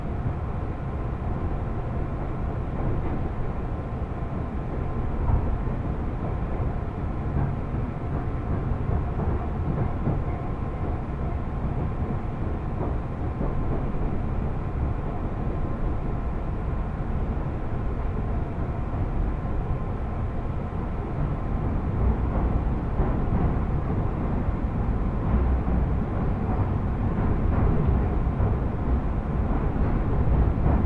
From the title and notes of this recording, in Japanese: 耳で楽しむ鉄道旅 南武線・南武支線・鶴見線。